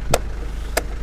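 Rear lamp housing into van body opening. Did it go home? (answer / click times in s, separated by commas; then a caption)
yes / 0.1 s, 0.8 s. A rear lamp housing on a used Mercedes Sprinter van with a broken tail-lamp mount is pushed back into its opening in the van body. Two sharp, short knocks sound at 0.1 s and 0.8 s. The lamp seats back into place.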